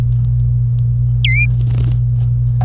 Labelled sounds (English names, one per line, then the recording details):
Domestic Canary song
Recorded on 26 April 2018 at 11:24
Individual llb3